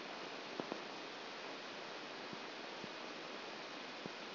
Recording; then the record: brain microelectrode recording played as sound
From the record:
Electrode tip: outside the subthalamic nucleus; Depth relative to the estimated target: -8 mm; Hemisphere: left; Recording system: AlphaMap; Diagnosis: Parkinson's disease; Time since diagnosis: 10 years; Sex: female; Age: 63 years